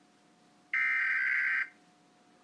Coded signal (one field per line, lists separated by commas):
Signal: Emergency Alert System (SAME) tones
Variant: header bursts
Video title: Rating eas alarms part 11